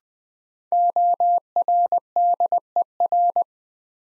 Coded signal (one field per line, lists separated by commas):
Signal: Morse code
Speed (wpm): 20 wpm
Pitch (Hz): 700 Hz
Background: none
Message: ORDER